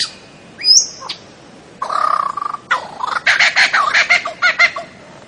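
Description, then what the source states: Bird song: a high whistle, then a steady mid-pitched tone, then a fast series of harsh chattering notes. Bird ringtone with a melodious voice.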